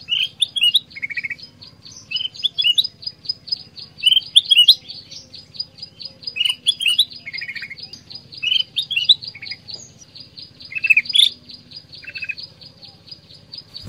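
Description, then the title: Black-crested bulbul singing brief chirpy, whistled phrases several times, set against a continuous fast high-pitched clicking chatter and a soft low background hum. Combination song used as masteran to train songbirds. "Masteran Kutilang Emas Suara Kombinasi"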